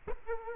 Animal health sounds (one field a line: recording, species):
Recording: mosquito wingbeat signal from an infrared sensor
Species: Culex quinquefasciatus